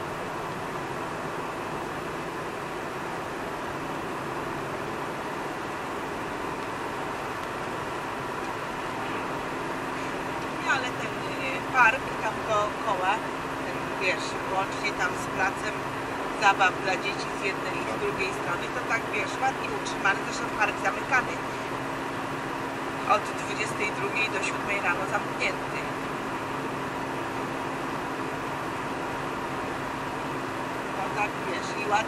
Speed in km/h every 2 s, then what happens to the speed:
81, 82, 84, 86, 87, 89, 89, 89, 90, 90, 89, 89, 89, 89, 88, 87.
0-15 speeds up to 90. 15-32 steady at about 89.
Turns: none.